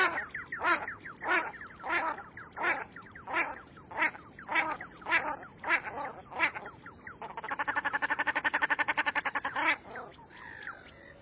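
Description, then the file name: Common shelduck calls: a series of harsh, nasal notes about every half second or so, then a rapid rattling burst of quacks lasting over two seconds. "Canto da tadorna comum"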